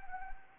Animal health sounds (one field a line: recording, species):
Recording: mosquito wingbeat signal from an infrared sensor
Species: Anopheles arabiensis